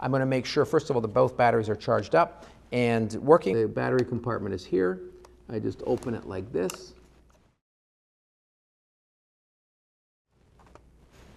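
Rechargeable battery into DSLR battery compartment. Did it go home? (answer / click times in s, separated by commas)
yes / 10.8 s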